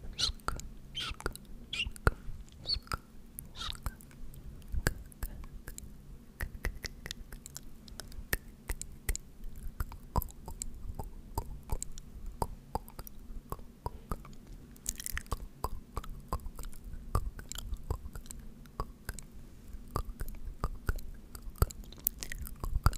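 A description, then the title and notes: Quick mouth sounds, tongue taps like "tk" and soft hissed "sk" noises, repeat densely and irregularly for the whole 23 seconds, crisp and wet like chewing. A low steady hum sits underneath, and a brighter hissing burst stands out around fifteen seconds. Tk, Tk, Tk, Sk, Sk, Sk.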